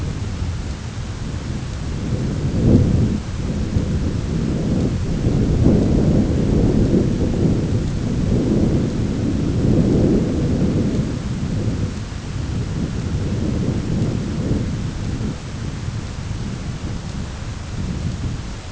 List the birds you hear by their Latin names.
none